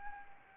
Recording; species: mosquito wingbeat signal from an infrared sensor; Anopheles arabiensis